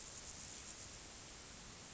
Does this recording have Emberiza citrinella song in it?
no